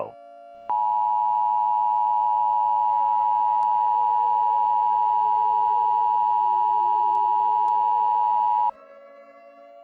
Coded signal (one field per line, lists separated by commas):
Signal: Emergency Alert System (SAME) tones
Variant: 853 and 960 Hz attention tone